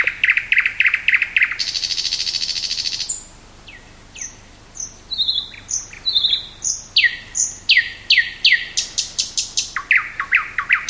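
Thrush nightingale song with rapid repeated chocking notes, a long buzzy rattle, then clear whistles and fast knocking series.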